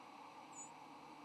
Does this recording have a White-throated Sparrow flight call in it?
no